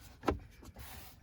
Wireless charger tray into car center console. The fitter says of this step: it snaps in place it